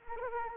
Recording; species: mosquito wingbeat signal from an infrared sensor; Anopheles arabiensis